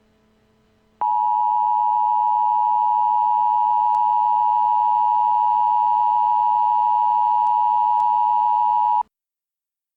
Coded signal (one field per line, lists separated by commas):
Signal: Emergency Alert System (SAME) tones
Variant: 853 and 960 Hz attention tone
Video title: what the sus is this eas bro 💀